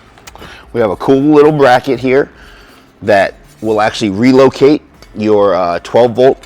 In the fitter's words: It just simply sits down and clicks in place there.